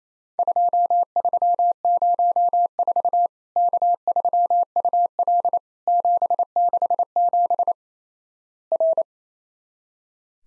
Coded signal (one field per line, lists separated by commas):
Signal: Morse code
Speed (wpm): 28 wpm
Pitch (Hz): 700 Hz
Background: none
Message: 2304 K3UL 767 R